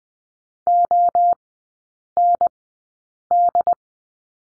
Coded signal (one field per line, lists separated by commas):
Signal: Morse code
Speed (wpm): 20 wpm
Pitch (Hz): 700 Hz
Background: none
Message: OND